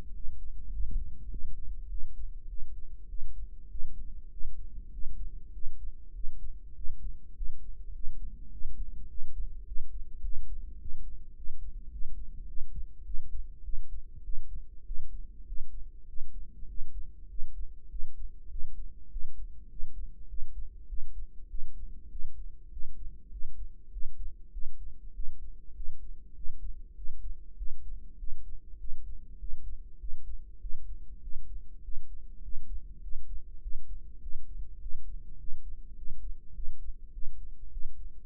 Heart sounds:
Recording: heart sounds by microphone in the right ear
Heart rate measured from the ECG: 101 bpm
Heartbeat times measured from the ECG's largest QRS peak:
0.15 s: heartbeat
0.73 s: heartbeat
1.31 s: heartbeat
1.90 s: heartbeat
2.49 s: heartbeat
3.09 s: heartbeat
3.70 s: heartbeat
4.32 s: heartbeat
4.93 s: heartbeat
5.54 s: heartbeat
6.15 s: heartbeat
6.76 s: heartbeat
7.36 s: heartbeat
7.94 s: heartbeat
8.52 s: heartbeat
9.10 s: heartbeat
9.67 s: heartbeat
10.23 s: heartbeat
10.80 s: heartbeat
11.36 s: heartbeat
11.92 s: heartbeat
12.48 s: heartbeat
13.06 s: heartbeat
13.64 s: heartbeat
14.24 s: heartbeat
14.86 s: heartbeat
15.47 s: heartbeat
16.08 s: heartbeat
16.69 s: heartbeat
17.30 s: heartbeat
17.90 s: heartbeat
18.51 s: heartbeat
19.11 s: heartbeat
19.70 s: heartbeat
20.29 s: heartbeat
20.89 s: heartbeat
21.50 s: heartbeat
22.11 s: heartbeat
22.72 s: heartbeat
23.32 s: heartbeat
23.92 s: heartbeat
24.53 s: heartbeat
25.14 s: heartbeat
25.75 s: heartbeat
26.36 s: heartbeat
26.96 s: heartbeat
27.57 s: heartbeat
28.19 s: heartbeat
28.79 s: heartbeat
29.39 s: heartbeat
30.00 s: heartbeat
30.61 s: heartbeat
31.22 s: heartbeat
31.83 s: heartbeat
32.43 s: heartbeat
33.03 s: heartbeat
33.62 s: heartbeat
34.22 s: heartbeat
34.81 s: heartbeat
35.39 s: heartbeat
35.97 s: heartbeat
36.55 s: heartbeat
37.13 s: heartbeat
37.72 s: heartbeat
From the record:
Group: healthy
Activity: cold pressor test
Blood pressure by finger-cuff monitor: 143/93 mmHg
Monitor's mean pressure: 112 mmHg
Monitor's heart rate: 100 bpm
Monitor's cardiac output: 7.6 L/min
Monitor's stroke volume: 76 mL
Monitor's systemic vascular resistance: 1080 dyn s/cm5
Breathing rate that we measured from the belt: 18 breaths a minute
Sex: male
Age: 21 years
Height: 175 cm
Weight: 72.6 kg

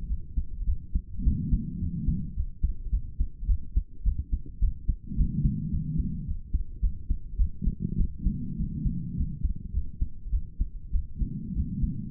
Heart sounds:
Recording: heart sounds by stethoscope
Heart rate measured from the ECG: 105 bpm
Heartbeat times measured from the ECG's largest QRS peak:
0.09 s: heartbeat
0.66 s: heartbeat
1.24 s: heartbeat
1.81 s: heartbeat
2.36 s: heartbeat
2.92 s: heartbeat
3.48 s: heartbeat
4.05 s: heartbeat
4.61 s: heartbeat
5.17 s: heartbeat
5.72 s: heartbeat
6.27 s: heartbeat
6.82 s: heartbeat
7.38 s: heartbeat
7.97 s: heartbeat
8.58 s: heartbeat
9.17 s: heartbeat
9.73 s: heartbeat
10.32 s: heartbeat
10.92 s: heartbeat
11.54 s: heartbeat
From the record:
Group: healthy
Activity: rest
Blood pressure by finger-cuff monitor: 118/64 mmHg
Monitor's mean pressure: 81 mmHg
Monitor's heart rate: 107 bpm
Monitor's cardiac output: 9.1 L/min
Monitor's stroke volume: 87 mL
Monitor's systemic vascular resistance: 630 dyn s/cm5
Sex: female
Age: 22 years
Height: 163 cm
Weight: 67.1 kg

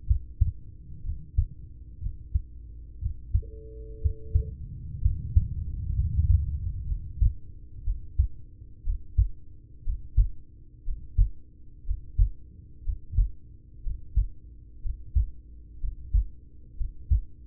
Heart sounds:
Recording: heart sounds by stethoscope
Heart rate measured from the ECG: 61 bpm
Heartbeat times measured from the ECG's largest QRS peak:
0.04 s: heartbeat
1.01 s: heartbeat
1.98 s: heartbeat
2.98 s: heartbeat
3.98 s: heartbeat
4.98 s: heartbeat
5.91 s: heartbeat
6.84 s: heartbeat
7.82 s: heartbeat
8.82 s: heartbeat
9.81 s: heartbeat
10.82 s: heartbeat
11.82 s: heartbeat
12.81 s: heartbeat
13.80 s: heartbeat
14.79 s: heartbeat
15.77 s: heartbeat
16.73 s: heartbeat
From the record:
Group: heart failure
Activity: rest 0-6 s, breath hold 6-17 s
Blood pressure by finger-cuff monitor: 87/47 mmHg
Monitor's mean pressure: 61 mmHg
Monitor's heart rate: 61 bpm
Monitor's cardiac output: 5.5 L/min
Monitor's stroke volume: 89 mL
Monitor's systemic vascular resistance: 780 dyn s/cm5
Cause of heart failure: ischemic heart disease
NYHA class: 1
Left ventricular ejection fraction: 33%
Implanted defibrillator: present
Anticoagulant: apixaban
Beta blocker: carvedilol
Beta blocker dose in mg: 18.75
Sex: male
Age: 39 years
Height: 168 cm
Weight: 72 kg

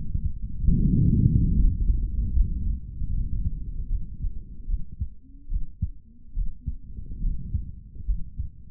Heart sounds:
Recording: heart sounds by stethoscope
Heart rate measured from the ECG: 74 bpm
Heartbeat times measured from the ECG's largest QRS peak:
0.75 s: heartbeat
1.55 s: heartbeat
2.32 s: heartbeat
3.10 s: heartbeat
3.87 s: heartbeat
4.66 s: heartbeat
5.48 s: heartbeat
6.34 s: heartbeat
7.20 s: heartbeat
8.06 s: heartbeat
From the record:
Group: healthy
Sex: male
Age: 55 years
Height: 167 cm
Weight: 57.2 kg

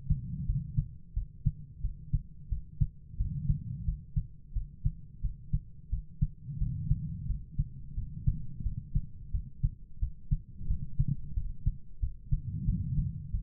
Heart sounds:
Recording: heart sounds by stethoscope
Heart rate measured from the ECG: 89 bpm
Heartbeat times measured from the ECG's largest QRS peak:
0.45 s: heartbeat
1.13 s: heartbeat
1.80 s: heartbeat
2.48 s: heartbeat
3.16 s: heartbeat
3.84 s: heartbeat
4.52 s: heartbeat
5.20 s: heartbeat
5.89 s: heartbeat
6.57 s: heartbeat
7.25 s: heartbeat
7.93 s: heartbeat
8.62 s: heartbeat
9.30 s: heartbeat
9.98 s: heartbeat
10.66 s: heartbeat
11.33 s: heartbeat
11.99 s: heartbeat
12.64 s: heartbeat
13.30 s: heartbeat
From the record:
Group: healthy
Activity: rest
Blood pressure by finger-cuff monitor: 107/65 mmHg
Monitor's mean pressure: 79 mmHg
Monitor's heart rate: 88 bpm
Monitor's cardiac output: 6.3 L/min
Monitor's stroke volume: 71 mL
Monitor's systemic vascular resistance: 900 dyn s/cm5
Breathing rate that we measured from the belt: 19 breaths a minute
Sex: female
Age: 43 years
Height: 160 cm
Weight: 90 kg

